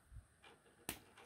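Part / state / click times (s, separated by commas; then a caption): 3D-printed plastic wing into dragonfly body socket / seated / 0.9 s. The last 3D-printed plastic wing of a flexi dragonfly is pushed into its socket on the body. After a low thump and a softer rustle, a sharp, bright snap sounds at 0.9 s as the wing seats in place.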